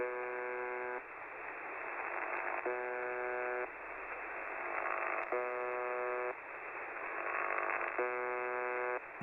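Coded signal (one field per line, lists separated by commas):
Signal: channel marker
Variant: UVB-76 (The Buzzer)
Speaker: And that's what it looks like, the waveform.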